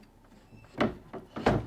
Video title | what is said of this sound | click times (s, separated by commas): Sun Lounger - DIY | it locks into place | 0.8 s, 1.5 s